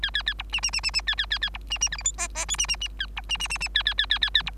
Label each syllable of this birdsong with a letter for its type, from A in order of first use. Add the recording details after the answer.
A A A B C C C C C A A A A B C C D E F G G H C C C A B C C C C A A A A A A B. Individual Bird3